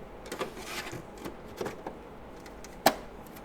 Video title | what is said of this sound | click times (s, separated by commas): Peplink SDX Pro M2 EXM-4F Installation | so once you hear the click you basically secure itself | 2.9 s